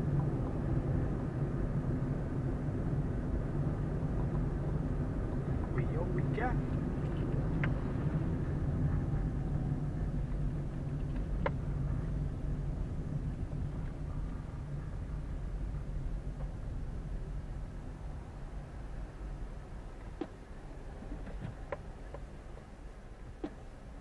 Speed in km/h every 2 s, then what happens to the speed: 34, 33, 33, 32, 23, 20, 15, 12, 9, 7, 7, 4.
0-6 steady at about 33. 6-24 slows to 4.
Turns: none.